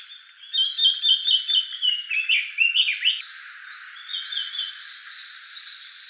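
Bird giving a quick series of bright chirped notes that rise and fall, followed by a quieter, hissy, buzzy passage.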